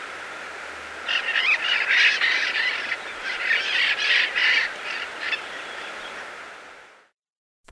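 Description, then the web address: Yellow-eared parrot calls: a burst of harsh, raspy squawks crowded together for about four seconds over steady background hiss, then fading out. Recorded in Ecuador. "Birds of Ecuador. Yellow-eared Parrot"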